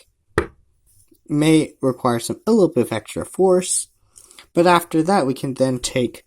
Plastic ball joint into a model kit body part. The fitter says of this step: and push that in until it does a click does this nice satisfying click